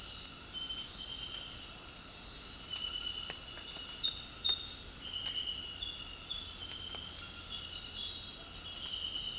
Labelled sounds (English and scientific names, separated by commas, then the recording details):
none
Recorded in dense forest near Puerto Asís, Putumayo, Colombia, on 21 March 2025 at 18:30
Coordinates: 0.499, -76.324
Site GP03